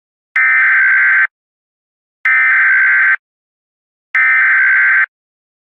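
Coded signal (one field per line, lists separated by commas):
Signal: Emergency Alert System (SAME) tones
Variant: header bursts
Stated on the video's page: Fictional EAS scenario using valid tones, shown on a NOAA weather radio screen.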